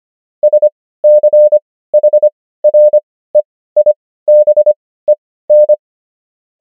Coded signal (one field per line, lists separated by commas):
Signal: Morse code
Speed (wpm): 25 wpm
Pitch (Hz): 600 Hz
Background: none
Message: SCHREIBEN